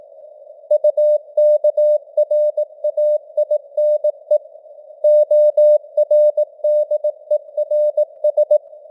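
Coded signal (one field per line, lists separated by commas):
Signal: Morse code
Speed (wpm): 18 wpm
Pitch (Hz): 600 Hz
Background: none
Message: UKRAINE ORDERS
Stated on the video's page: Morse code news headlines at 18 wpm with simulated radio noise and varying signal strength (QSB).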